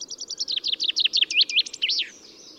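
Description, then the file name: Common chaffinch song: a rapid series of bright chipping notes that descends, ending in a short flourish, with faint background hiss. "Fringilla coelebs"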